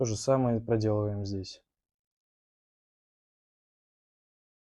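Someone talks for about 1.6 seconds while preparing to press a second Onyx Black replacement handle scale onto the other side of a Victorinox Fieldmaster folding multi-tool, the same way as the first. Silence follows to the end, and nothing has seated or clicked yet; the scale seats perfectly only after the clip ends.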